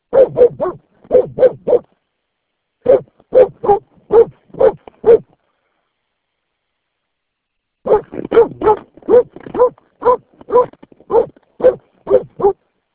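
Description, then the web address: Dog giving rapid clustered barks, some doubled, in three bouts with short silent gaps between them; steady, insistent barking and nothing else heard. "Santra. taperan koirat"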